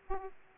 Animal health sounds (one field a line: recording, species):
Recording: mosquito wingbeat signal from an infrared sensor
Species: Aedes aegypti